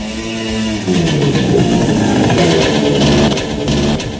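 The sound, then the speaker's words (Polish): A small two-stroke scooter engine buzzes and revs up, its pitch climbing and wavering in a raspy, steady drone that stays loud throughout. “I od razu przypomniały mi się czasy włoskie, kiedy się na skuterku jeździło do szkoły i rzeczywiście na nielegalnym paliwie. Tak, dlatego tak brzmiało.”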